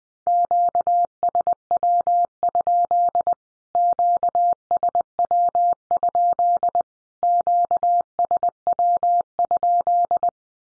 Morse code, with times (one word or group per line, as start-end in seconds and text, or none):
0.3-3.3 QSW?
3.8-6.8 QSW?
7.2-10.3 QSW?